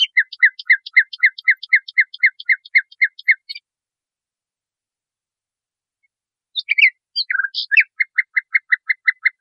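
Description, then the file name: Nightingale song: a long run of rapid repeated notes, then a pause of about three seconds, then varied phrases and another fast repeated series. Masteran recording, used for training cage birds. "suara masteran nightingale"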